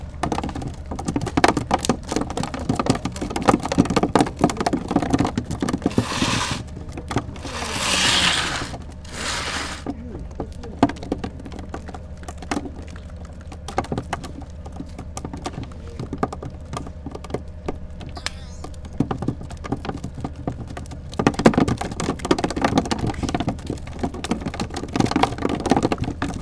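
A harbor scene, likely heard underwater, with dense, irregular crackling clicks running throughout over a steady low drone. A bright rushing hiss swells from about 7 to 9 seconds, and the clicking grows thicker again after 21 seconds.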